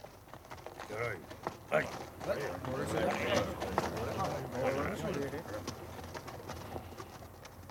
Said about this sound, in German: Nach Ablauf dieser Frist saßen wir auf und ritten mit schussbereiten Waffen zum Lagerfeuer der Comanchen, wo gerade eine Beratung abgehalten wurde.